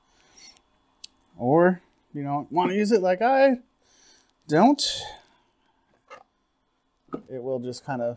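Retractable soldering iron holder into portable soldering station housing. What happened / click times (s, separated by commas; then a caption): The holder arm snapped into its locked position / 1.0 s. A retractable soldering iron holder on an M18 T12 portable soldering station housing is slid just above the lip of the station, pulled back, and locked into place, with a sharp click at 1.0 s. Someone talks throughout. The holder arm is seated and locked.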